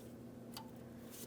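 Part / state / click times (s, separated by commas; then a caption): ABS wheel speed sensor connector into vehicle wiring harness / seated / 0.6 s. A front ABS wheel speed sensor's electrical plug on a 2007-2014 Ford Edge is lined up and pressed into the mating vehicle wiring harness connector. A sharp, short click sounds at 0.6 s over a low steady background hum. The connector is seated and holds when given a light tug.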